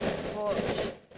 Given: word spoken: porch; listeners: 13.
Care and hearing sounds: one English word in noise, from a listening test; noise modulated by three-talker babble; -3.5 dB; 3 of 13; 7 of 13; 0.78 s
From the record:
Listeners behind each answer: 7, 3, 1, 1, 1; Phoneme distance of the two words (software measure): 20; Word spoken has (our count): 1 syllable, 3 phonemes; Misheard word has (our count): 1 syllable, 3 phonemes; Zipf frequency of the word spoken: 3.47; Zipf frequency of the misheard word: 5.30

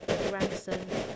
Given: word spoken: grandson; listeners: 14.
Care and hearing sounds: one English word in noise, from a listening test; noise modulated by three-talker babble; -6.3 dB; 2 of 14; 9 of 14; 0.76 s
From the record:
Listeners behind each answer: 9, 2, 1, 1, 1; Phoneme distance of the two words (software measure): 27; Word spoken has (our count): 2 syllables, 7 phonemes, stress on syllable 1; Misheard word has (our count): 2 syllables, 6 phonemes, stress on syllable 1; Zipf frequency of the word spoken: 3.88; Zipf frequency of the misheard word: 3.48

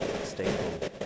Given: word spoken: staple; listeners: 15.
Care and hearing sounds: one English word in noise, from a listening test; noise modulated by three-talker babble; -5.0 dB; 3 of 15; 11 of 15; 0.66 s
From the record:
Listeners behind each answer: 11, 3, 1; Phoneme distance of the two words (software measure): 10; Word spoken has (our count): 2 syllables, 5 phonemes, stress on syllable 1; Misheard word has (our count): 2 syllables, 5 phonemes, stress on syllable 1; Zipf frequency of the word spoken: 3.46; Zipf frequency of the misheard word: 4.30

